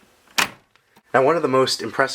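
After the toner cartridge is inserted, the plastic front access lid of a Samsung SCX-4500 laser multifunction printer is pushed shut, giving a loud, sharp hit at 0.4 s as it closes and latches. A faint tick follows, then someone talks.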